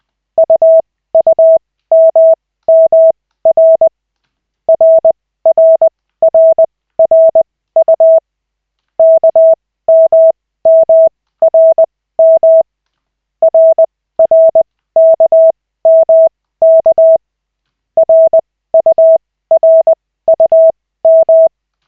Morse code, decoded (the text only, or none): UUMMR RRRRU KMMRM RRKMK RURUM